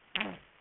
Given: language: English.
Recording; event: throat vibration sensor signal played as sound; throat clearing